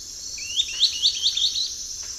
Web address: Natures Songs S America Eastern Lowlands. Glyphorynchus spirurus, song